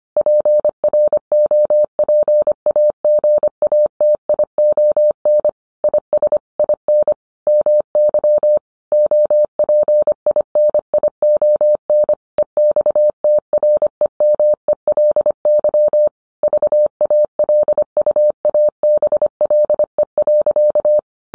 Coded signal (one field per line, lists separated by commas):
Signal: Morse code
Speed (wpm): 25 wpm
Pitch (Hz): 600 Hz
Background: none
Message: PROPAGATION IS IN MY OPINION EXTREMELY VALUABLE.